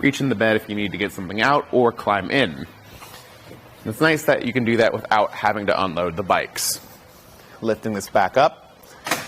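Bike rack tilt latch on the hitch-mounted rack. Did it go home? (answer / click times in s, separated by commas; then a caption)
yes / 9.1 s. Someone talks while a tilted Thule Helium Platform XT two-bike platform rack on the hitch of a 2019 Ford Ranger is lifted back up to its upright position. Its tilt latch clicks into place at about 9.1 s, with two quick clicks close together, showing the rack is locked upright.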